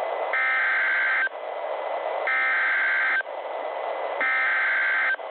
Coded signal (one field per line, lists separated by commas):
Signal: Emergency Alert System (SAME) tones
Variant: header bursts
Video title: EAS #431-436: 6 NWR Practice/Demos- Nov. 5, 2020